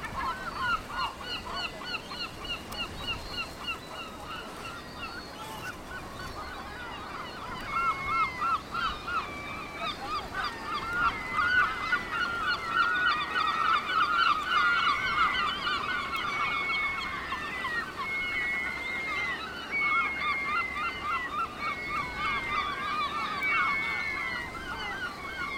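A seabird colony on a coastal cliff, a dense, continuous chatter of many birds calling at once, with honking, goose-like cries. The crowd grows louder and busier from about eight seconds, peaks near fifteen, then eases slightly, over a low steady rumble of wind or surf.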